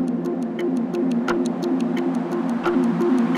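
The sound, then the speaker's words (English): A clock ticks rapidly and evenly, about five crisp clicks per second, over a steady low droning hum that continues throughout. “Time is what clocks measure, which brings up the question, what is a clock?”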